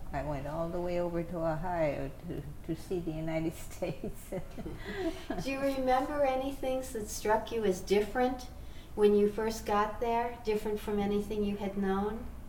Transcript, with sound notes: I went all the way over to Ohio to see the United States. [Laughs]
Do you remember any things that struck you as different when you first got there, different from anything you had known?